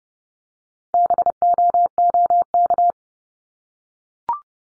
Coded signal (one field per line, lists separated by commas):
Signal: Morse code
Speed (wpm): 30 wpm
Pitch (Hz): 700 Hz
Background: none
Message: BOOK